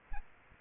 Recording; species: mosquito wingbeat signal from an infrared sensor; Aedes aegypti